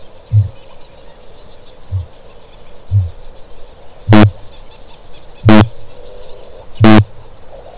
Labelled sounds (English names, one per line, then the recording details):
Kākāpō boom
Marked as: faintness 2/5, faintness 1/5
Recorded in New Zealand
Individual Stumpy